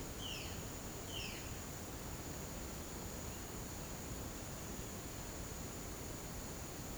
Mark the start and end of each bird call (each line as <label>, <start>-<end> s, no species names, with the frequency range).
bird call (2.1-6.6 kHz), 0.08-0.58 s
bird call (1.7-6.1 kHz), 1.12-1.54 s